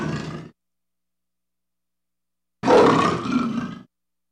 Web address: lions